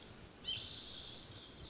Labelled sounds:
White-breasted Nuthatch
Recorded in Sonoma County, California

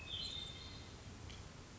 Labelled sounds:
Hermit Thrush
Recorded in Sonoma County, California

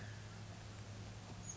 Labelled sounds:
Oak Titmouse
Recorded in Sonoma County, California

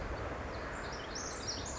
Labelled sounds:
Pacific Wren
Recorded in Sonoma County, California

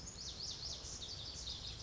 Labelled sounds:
Pacific Wren
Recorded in Sonoma County, California

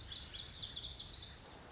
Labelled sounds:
Lazuli Bunting
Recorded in Sonoma County, California

